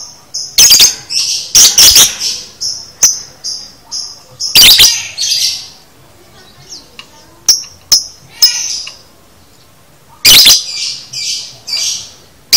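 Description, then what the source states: Lovebird chatter: harsh buzzy bursts alternate with single sharp high chirps, irregular and busy, with a few quiet gaps. Training recording (masteran) of a lovebird's konslet chatter, used to teach lovebirds to chatter.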